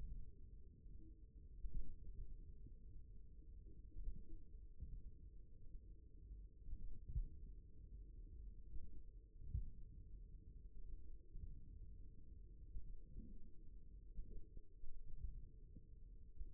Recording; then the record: forearm muscle sounds (acoustic myography)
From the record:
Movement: tripod grip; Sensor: system 1, eight BSWA MPA416 microphones around the upper forearm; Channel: 2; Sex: male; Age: 54 years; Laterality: right